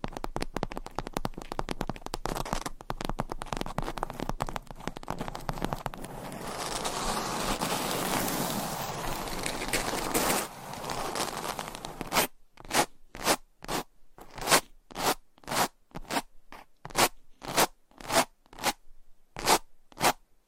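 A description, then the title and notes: Dense rough scratching across a surface for about twelve seconds, then evenly spaced sharp taps with brief silences between them until the end. ASMR Surface Scratching - Tapping - Tracing.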